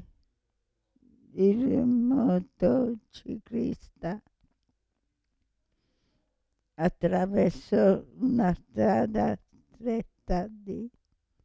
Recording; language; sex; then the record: read phrases; Italian; female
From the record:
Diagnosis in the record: Parkinson's disease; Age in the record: 65 years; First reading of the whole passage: 242 s, 2.1 characters per second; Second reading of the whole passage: 180 s, 2.9 characters per second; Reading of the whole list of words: 168 s, 1.7 characters per second